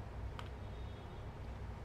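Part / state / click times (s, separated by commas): battery compartment cover on a handheld luggage scale / seated / 0.4 s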